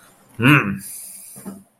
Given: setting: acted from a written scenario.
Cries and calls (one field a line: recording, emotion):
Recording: vocal sound without words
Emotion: disgust